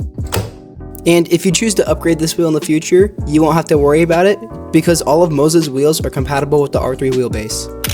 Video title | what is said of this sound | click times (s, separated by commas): Moza R3 Review – Best Budget Direct Drive Wheel for PC Sim Racing | Not to mention, it's super satisfying to click into place. | 0.3 s